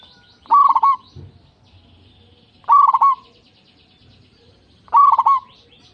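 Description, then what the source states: Zebra dove song: three loud phrases about every two seconds, each a burst of quick staccato coos closing on a longer note, with soft chirping behind. Local strain bird in full singing form, with a loud, clear, crystal-like voice.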